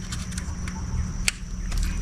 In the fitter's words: Click sound. You're good.